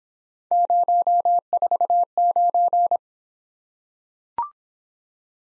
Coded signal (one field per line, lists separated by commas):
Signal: Morse code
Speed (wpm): 23 wpm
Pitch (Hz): 700 Hz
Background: none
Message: 049